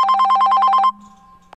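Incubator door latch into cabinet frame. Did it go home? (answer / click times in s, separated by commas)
yes / 1.5 s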